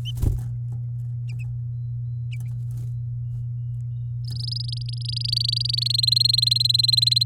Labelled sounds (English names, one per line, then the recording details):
Domestic Canary song
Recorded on 9 May 2018 at 10:06
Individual llb16